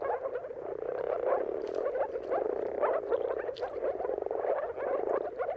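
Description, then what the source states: Moor frogs in full chorus, soft watery pulsing calls overlapping in a steady mass with slight surges. Moor frogs in a mating chorus at sunrise, at the turn of March and April, timing depending on the weather.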